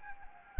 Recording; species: mosquito wingbeat signal from an infrared sensor; Anopheles gambiae